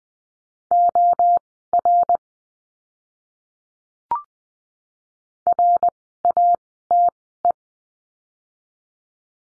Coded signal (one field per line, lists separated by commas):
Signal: Morse code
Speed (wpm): 20 wpm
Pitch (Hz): 700 Hz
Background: none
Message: OR RATE